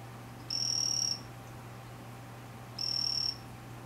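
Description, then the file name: Vanzolini's poison frog gives two short, high-pitched buzzing trills, each roughly half a second, separated by a pause of about one and a half seconds, over a faint constant hum. "Ranitomeya Vanzolinii calling"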